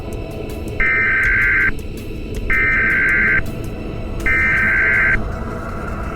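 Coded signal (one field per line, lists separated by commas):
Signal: Emergency Alert System (SAME) tones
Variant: header bursts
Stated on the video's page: Fictional EAS scenario in an animated zombie werewolf story.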